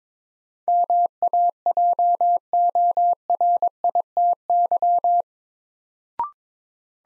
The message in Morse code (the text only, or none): MAJORITY